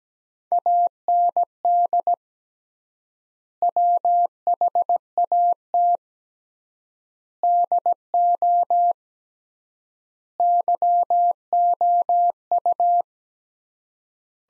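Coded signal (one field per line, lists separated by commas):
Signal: Morse code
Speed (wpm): 17 wpm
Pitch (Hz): 700 Hz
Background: none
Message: AND WHAT DO YOU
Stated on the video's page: Morse practice sentences from the top 200 words at 17 wpm with 3x word spacing, a Farnsworth-like method using words.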